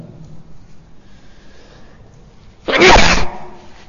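A single sharp, loud sneeze bursts out after a few seconds of quiet room tone, lasting about half a second with a broad, breathy spray of sound.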